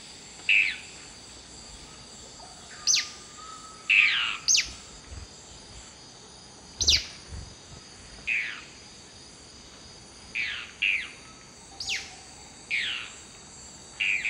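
Dusky-throated antshrike calls: short harsh notes sweeping down, given many times at irregular intervals, over a steady high insect hum.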